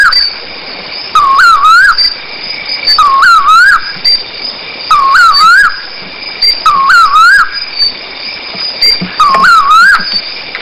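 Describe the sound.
Bird giving warbled whistled phrases that dip and rise, about five in a row roughly every two seconds, with a constant high-pitched hiss and scattered clicks behind.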